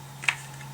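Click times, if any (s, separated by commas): 0.2 s, 0.3 s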